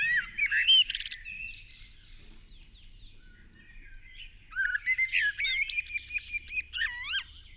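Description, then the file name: Common blackbird with two bursts of song, first a short trilled flourish, then a run of repeated looping whistled notes. "Turdus merula"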